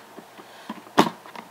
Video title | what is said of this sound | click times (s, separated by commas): Bissel Proheat Advanced with heat technology Review and Test | There we go. Everything's locked in place. | 1.0 s